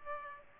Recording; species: mosquito wingbeat signal from an infrared sensor; Aedes aegypti